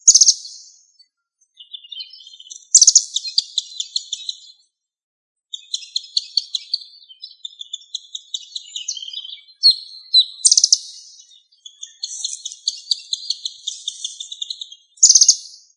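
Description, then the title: Bird song: high, bright phrases of rapid chirps and buzzy trills in bursts separated by brief pauses, with sharp loud notes recurring now and then; no other sounds. "LuckyPassaro Completos2Sama"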